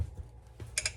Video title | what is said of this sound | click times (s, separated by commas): Stihl ms 461 & 460 case splitting | There we go. There, I just heard it pop. | 0.8 s